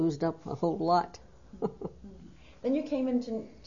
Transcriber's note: she laugh